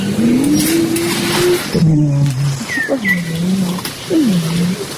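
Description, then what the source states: Mountain gorilla humming: low tonal hums that rise, hold, then slide downward in several phrases, with a few brief higher notes. Wild mountain gorillas singing in chorus as they eat, a chorus of appreciation; they enjoy eating; first time recorded among wild mountain gorillas.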